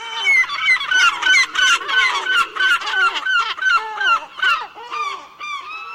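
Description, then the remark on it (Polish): A loud chorus of gulls screeching over one another, harsh wailing calls overlapping in a continuous, clamorous stream with no pauses and no voices. “Z doktorem Andrzejem Kruszewiczem rozmawiał Dariusz Pieruk, a rozkrzyczane mewy zapewnił Tomasz Ogrodowczyk.”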